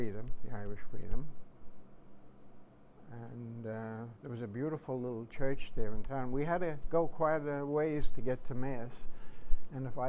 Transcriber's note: none